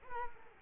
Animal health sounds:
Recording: mosquito wingbeat signal from an infrared sensor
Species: Culex quinquefasciatus

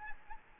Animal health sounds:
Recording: mosquito wingbeat signal from an infrared sensor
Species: Aedes albopictus

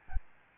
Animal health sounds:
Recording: mosquito wingbeat signal from an infrared sensor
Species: Aedes albopictus

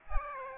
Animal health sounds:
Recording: mosquito wingbeat signal from an infrared sensor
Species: Aedes aegypti

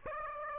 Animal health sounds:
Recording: mosquito wingbeat signal from an infrared sensor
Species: Aedes aegypti

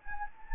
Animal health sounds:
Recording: mosquito wingbeat signal from an infrared sensor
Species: Anopheles gambiae

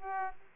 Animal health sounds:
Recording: mosquito wingbeat signal from an infrared sensor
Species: Aedes aegypti

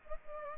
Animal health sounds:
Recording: mosquito wingbeat signal from an infrared sensor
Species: Culex pipiens

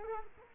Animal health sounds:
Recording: mosquito wingbeat signal from an infrared sensor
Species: Culex quinquefasciatus

